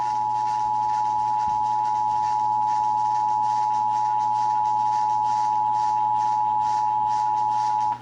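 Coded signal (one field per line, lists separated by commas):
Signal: Emergency Alert System (SAME) tones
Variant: 853 and 960 Hz attention tone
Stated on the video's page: Texas required monthly test as aired on several radio and TV stations.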